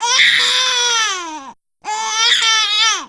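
Two long, high-pitched wailing baby cries, each about 1.5 seconds, separated by a brief pause for breath. The tone is strong and clear, with the pitch falling at the end of each cry, typical of an ordinary infant cry.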